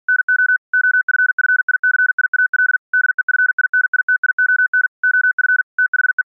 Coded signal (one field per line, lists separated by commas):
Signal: Morse code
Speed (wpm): 48 wpm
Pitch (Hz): 1500 Hz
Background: none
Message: NO OFFICIAL DEFINITION OF THE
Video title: Slow Scan Radio, August 1, 2018, Ep. 2